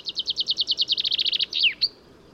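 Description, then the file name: Common chaffinch song: a rapid, steady trill of sharp repeated notes, closing with a brisk downward flourish and a final high flicked note. "Fringilla coelebs"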